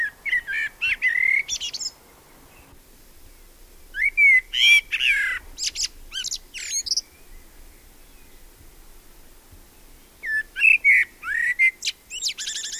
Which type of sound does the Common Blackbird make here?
song